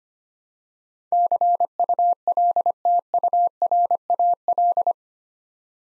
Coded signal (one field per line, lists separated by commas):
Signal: Morse code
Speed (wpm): 25 wpm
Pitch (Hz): 700 Hz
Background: none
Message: CULTURAL